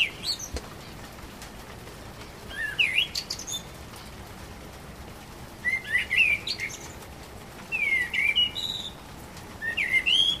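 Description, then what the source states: Common blackbird song: four or five melodious warbled phrases, each capped with a high, scratchy twitter and separated by short pauses. Recorded 12 April 2010.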